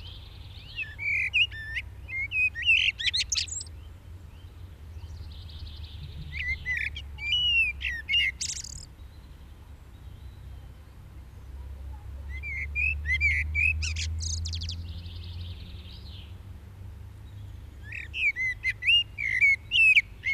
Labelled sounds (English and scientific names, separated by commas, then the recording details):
Common Blackbird (Turdus merula) song
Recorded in the wild
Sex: male
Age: adult
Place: Garmisch-Partenkirchen, Bayern, DE
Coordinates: 47.4817, 11.24
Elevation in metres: 941
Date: 1969-04-11
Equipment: Uher 4000 Report, Sennheiser MKH 405
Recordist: Tretzel, Erwin